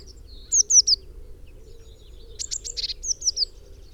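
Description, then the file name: Eurasian blue tit giving high downslurred notes, then a burst of rapid ticks followed by three more slurred notes, over a low steady hum. "Cyanistes caeruleus"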